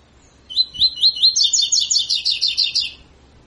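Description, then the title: Double-collared seedeater song, a run of rising whistled notes that quicken into a rapid, brighter trill lasting about two and a half seconds. Tutor song used to train birds; 'tui tui fibra' song style. "COLEIRO TUI TUI FIBRA CANTO PROFESSOR"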